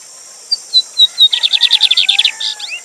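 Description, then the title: Lined seedeater song of a few clear high notes and a fast buzzy trill, with a lower soft whistle and continuous rushing water. Teacher song for training, bird singing live with a waterfall sound in the recording. "Bigode Gavião Negro Professor De Canto Cantando Ao Vivo Com Cascata"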